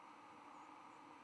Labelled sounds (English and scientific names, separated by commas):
White-throated Sparrow (Zonotrichia albicollis) flight call